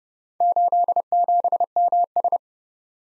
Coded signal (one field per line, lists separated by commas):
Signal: Morse code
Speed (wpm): 29 wpm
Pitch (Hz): 700 Hz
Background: none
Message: 87MS